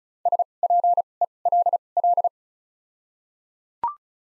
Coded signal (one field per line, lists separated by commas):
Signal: Morse code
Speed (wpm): 34 wpm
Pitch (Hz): 700 Hz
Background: none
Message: S P E L L